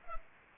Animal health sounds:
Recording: mosquito wingbeat signal from an infrared sensor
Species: Culex pipiens

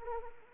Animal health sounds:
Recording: mosquito wingbeat signal from an infrared sensor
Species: Anopheles arabiensis

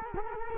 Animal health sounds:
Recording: mosquito wingbeat signal from an infrared sensor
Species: Culex quinquefasciatus

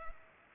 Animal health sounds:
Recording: mosquito wingbeat signal from an infrared sensor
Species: Culex pipiens

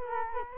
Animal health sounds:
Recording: mosquito wingbeat signal from an infrared sensor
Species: Culex quinquefasciatus

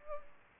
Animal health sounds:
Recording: mosquito wingbeat signal from an infrared sensor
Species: Aedes aegypti

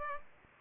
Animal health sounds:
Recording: mosquito wingbeat signal from an infrared sensor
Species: Aedes aegypti

